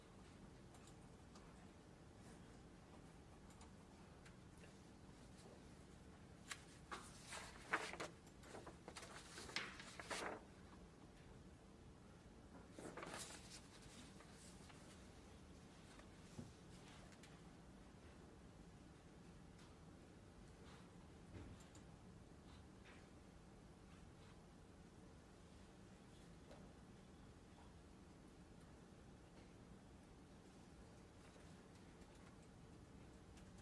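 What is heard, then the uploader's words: Low steady hum of a Glasgow library, with a cluster of sharp knocks and clatters around seven to ten seconds and again near thirteen. Glasgow library. (university of glasgow).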